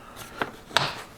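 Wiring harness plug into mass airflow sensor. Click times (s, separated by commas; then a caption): 0.8 s. During a spark plug change on a Toyota 4Runner, FJ Cruiser or Tacoma, the wiring harness plug is pushed back onto the mass airflow sensor on the intake. A faint tap at 0.4 s is followed by a sharp, louder click at 0.8 s as the connector latches and is seated.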